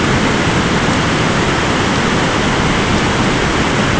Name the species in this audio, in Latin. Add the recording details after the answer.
none. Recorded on Arctic tundra, site ZACK-1, on 14 June 2019. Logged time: 23:49